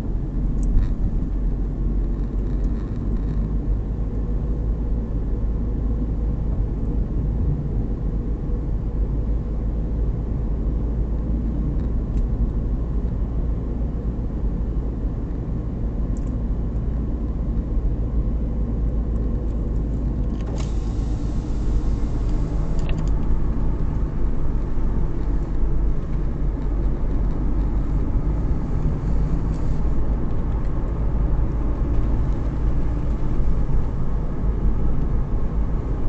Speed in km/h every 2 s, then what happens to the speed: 34, 41, 40, 40, 41, 43, 43, 43, 43, 41, 39, 37, 36, 38, 39, 42, 40, 40.
0-2 speeds up to 41. 2-36 steady at about 40.